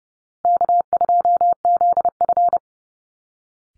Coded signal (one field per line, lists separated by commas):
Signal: Morse code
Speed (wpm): 30 wpm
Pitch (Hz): 700 Hz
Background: none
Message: K2ZF